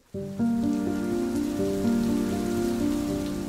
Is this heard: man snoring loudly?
no